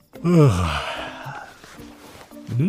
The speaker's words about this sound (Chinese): 伸了个懒腰，又狂打哈欠，一副沉浸在纸醉金迷里恋恋不舍的模样。